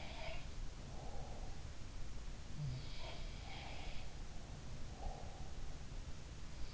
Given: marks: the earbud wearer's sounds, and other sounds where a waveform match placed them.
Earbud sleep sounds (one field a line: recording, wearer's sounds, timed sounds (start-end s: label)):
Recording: sounds in sleep by an in-ear microphone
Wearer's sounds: breath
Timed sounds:
0.00-0.67 s: sound from someone else or the room
0.79-1.81 s: breath
2.76-5.60 s: sound from someone else or the room
3.33-5.60 s: breath